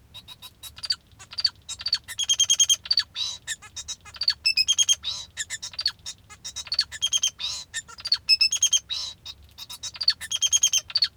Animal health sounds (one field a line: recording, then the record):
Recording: song of a male Bengalese finch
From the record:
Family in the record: father 2